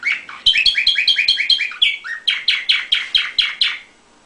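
Canary song: two quick rolling trills of bright repeated chirps separated by a brief slurred note, with faint clicks.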